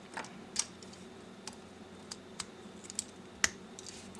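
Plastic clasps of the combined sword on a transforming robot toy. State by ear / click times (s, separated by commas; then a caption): seated / 3.0 s, 3.4 s. With the blade halves of a transforming robot toy's big sword already slotted together, the left and right plastic clasps are pressed shut along the groove. A few faint plastic clicks come first, then sharp plastic snaps at 3.0 s and 3.4 s as the clasps seat.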